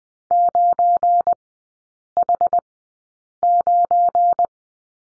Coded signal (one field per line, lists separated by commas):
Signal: Morse code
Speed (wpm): 20 wpm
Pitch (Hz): 700 Hz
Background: none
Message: 9H9